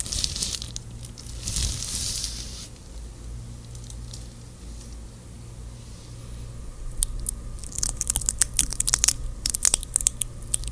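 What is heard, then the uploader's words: A long, hissing peel of tape rips through the first two and a half seconds. After a quieter stretch over a steady low hum, sharp crinkly snaps and rustles of stickers and gloves crowd the last four seconds. ASMR | stickers + tape + gloves (no talking).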